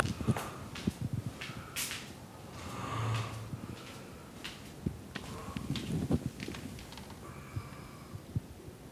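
Muffled low rumbling snores from an adult man, about two in nine seconds, heard through a closed door with faint household noise; the snoring is ongoing.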